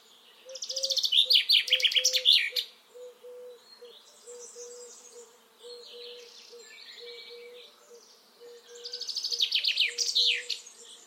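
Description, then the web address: Common chaffinch song: two bright, rattling descending phrases ending in a flourish, first near the start, second near the end; softer bird calls and a low repeated hum between. "Deverinetal 2025 File origin Bird Only Fr Co"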